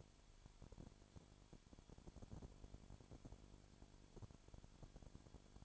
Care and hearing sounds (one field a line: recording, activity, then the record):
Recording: daily activity, microphone in the room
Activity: no activity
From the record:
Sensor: 5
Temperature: 20.2 degrees Celsius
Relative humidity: 36.5%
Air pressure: 1001.2 hPa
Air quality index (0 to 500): 177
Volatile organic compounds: 4 ppm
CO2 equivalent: 1609 ppm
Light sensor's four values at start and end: 2/3/1/1 and 2/3/1/1